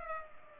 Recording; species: mosquito wingbeat signal from an infrared sensor; Culex pipiens